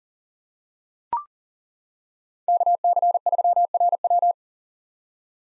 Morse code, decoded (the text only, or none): KC3RW